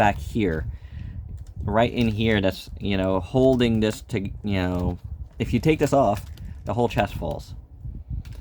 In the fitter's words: nope it does not do that there's no click in here whatsoever you have to